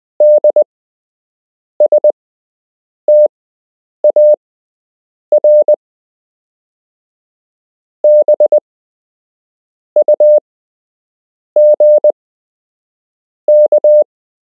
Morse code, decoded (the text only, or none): DSTAR BUG K